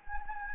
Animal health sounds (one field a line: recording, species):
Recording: mosquito wingbeat signal from an infrared sensor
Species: Anopheles gambiae